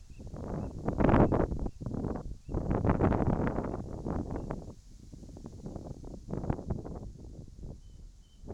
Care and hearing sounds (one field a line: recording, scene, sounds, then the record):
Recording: everyday scene through a hearing-aid microphone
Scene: wind on the microphone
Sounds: wind, whistling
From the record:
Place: in front of a rural house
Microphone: in the ear canal, right